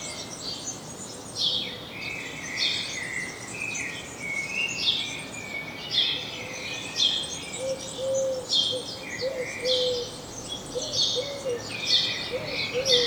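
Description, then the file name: House sparrow chirps, many short bright notes overlapping in a busy chattering stream, with a soft low piping note repeating underneath in the second half. "Passer domesticus"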